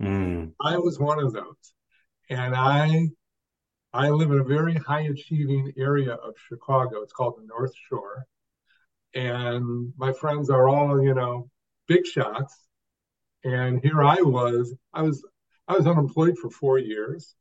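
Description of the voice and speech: An adult man speaks in short bursts separated by long pauses, with drawn-out sounds on 'I' and 'and' and a phrase repeated three times ('I was... I was... I was') before he continues. These prolongations, repetitions and hesitations are typical of stuttering in an adult who stutters.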